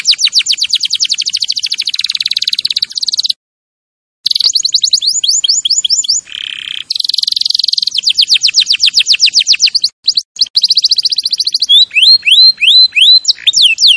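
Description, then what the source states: Canary song with long runs of rapid downward sweeps, buzzy tones and short pauses, ending in bright rising-and-falling whistled notes. Champion canary song used as a master recording for training other birds.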